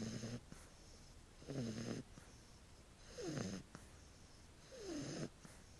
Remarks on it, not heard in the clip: The sound of puppies sleeping snoring. My dogs make the funniest little noises when they sleep.